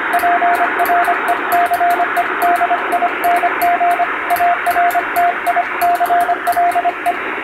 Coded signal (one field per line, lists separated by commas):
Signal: Morse code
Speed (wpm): 25 wpm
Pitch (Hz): 700 Hz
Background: radio noise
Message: PRECEDING ARTICLE